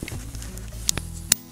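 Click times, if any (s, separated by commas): 0.9 s, 1.3 s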